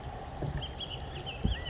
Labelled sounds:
California Quail

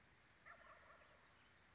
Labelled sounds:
Wild Turkey

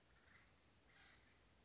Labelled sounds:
Acorn Woodpecker

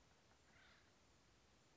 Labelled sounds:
Acorn Woodpecker

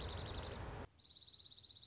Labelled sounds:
Dark-eyed Junco

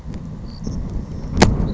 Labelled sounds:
Savannah Sparrow

